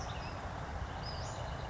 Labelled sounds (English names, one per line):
Western Flycatcher